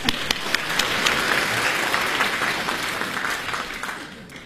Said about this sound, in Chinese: 来啊，再来点掌声。